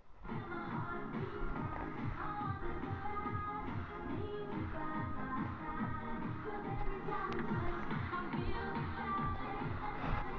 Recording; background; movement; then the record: deep breathing; music; walking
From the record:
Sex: male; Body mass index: 21.0 kg/m2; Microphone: on the chest, facing the body